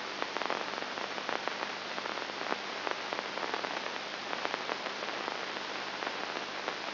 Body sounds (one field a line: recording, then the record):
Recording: brain microelectrode recording played as sound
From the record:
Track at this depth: inside the subthalamic nucleus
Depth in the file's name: 0.508 mm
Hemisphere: left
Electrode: 2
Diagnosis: Parkinson's disease